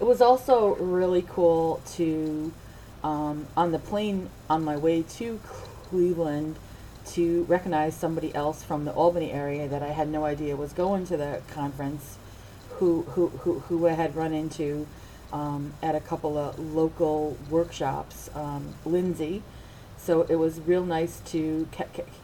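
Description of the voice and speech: An adult woman speaks conversationally with stuttering: a repeated word at the start of a phrase, drawn-out sounds, and silent blocks that break up her otherwise fluent speech.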